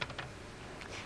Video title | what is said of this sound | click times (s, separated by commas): [HTV-007] Cuisinart - How to use your Food Processor | then turn the cover counterclockwise until you hear it click | 0.0 s